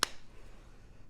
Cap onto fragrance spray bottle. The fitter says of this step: Clicks into place.